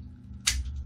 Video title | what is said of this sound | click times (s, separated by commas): Nemesis Prime -- A From The Toybox Review | push and you'll hear it snap now | 0.5 s